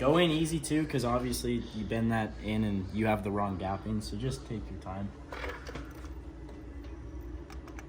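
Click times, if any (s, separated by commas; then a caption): none. On a 1996 to 1998 Mustang Cobra SVT, a spark plug is started by hand with an extension into the aluminum cylinder head thread, going in easy to avoid cross-threading or bending the gap, before a final quarter-to-half turn with the ratchet. Someone talks for the first five seconds, followed by quiet handling with brief taps at 5.3, 7.5, 7.7 and 7.8 seconds. Nothing has seated or clicked yet.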